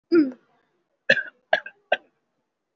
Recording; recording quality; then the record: shallow voluntary cough; excellent, no background noise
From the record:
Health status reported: COVID-19 positive, mild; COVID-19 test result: positive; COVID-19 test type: RT-PCR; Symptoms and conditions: fever, fatigue, muscle pain, pneumonia, diabetes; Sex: male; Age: 75 years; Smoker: no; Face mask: not worn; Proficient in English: yes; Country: India